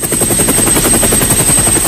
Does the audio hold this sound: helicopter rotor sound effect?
yes